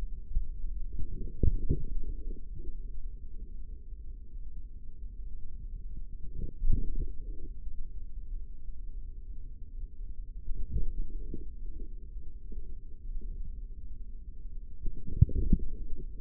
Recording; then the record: forearm muscle sounds (acoustic myography)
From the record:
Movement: forearm pronation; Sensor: system 3, bracelet of six PUI Audio POM-2738L microphones around the upper forearm, with dedicated amplification and filtering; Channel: 4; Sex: male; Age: 55 years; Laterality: right